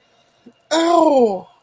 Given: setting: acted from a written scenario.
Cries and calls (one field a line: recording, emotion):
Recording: vocal sound without words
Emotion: pain